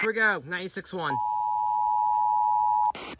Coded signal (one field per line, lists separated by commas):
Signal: Emergency Alert System (SAME) tones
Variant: 853 and 960 Hz attention tone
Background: speech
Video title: EAS #1112-1119 NATIONAL EAS TEST OF 2021 on August 11, 2021 (Finally a legit CT Test) Last 2021 EAS